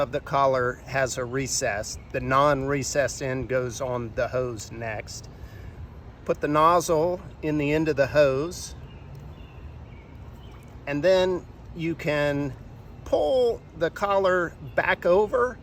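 A plastic tail sweep nozzle for a Swasher no-spray tail sweep replacement on Polaris and Pentair pool cleaners is placed into the end of the hose and lined up, with the collar's non-recessed end going on the hose before the collar is pulled back over it. Someone talks throughout, with only quiet handling sounds in the pauses. Nothing has snapped or clicked into place yet.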